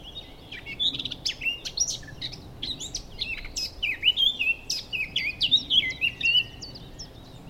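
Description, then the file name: Eurasian blackcap singing a varied, scratchy warble of quick high notes with jumps and slurs, running almost continuously. "Sylvia atricapilla"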